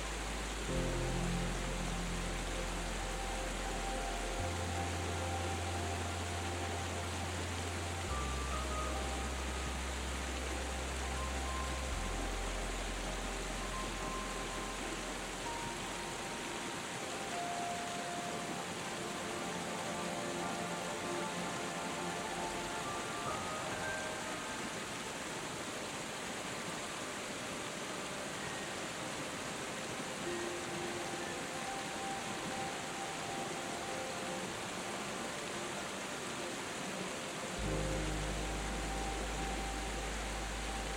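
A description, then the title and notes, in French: A steady, dense rush of falling water runs throughout, even. Soft music floats over it: gentle sustained notes drift in the middle range, with deep bass tones shifting every few seconds early on, dropping out midway, and returning near the end. S'ENDORMIR avec une CASCADE Apaisante et une Douce MUSIQUE. Le murmure apaisant d'une cascade se mêle à la douceur d'une mélodie enveloppante.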